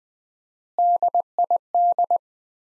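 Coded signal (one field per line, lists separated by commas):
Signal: Morse code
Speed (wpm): 20 wpm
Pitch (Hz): 700 Hz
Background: none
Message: DID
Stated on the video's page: Morse practice at 20 wpm: sentences from the top 100 words, sent with 4x standard word spacing, a word-level analogue of Farnsworth spacing.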